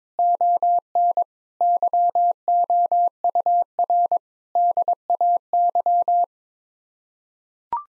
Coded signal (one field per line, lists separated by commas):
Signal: Morse code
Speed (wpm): 22 wpm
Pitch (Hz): 700 Hz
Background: none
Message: ON YOUR DAY